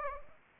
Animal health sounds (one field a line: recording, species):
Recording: mosquito wingbeat signal from an infrared sensor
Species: Anopheles arabiensis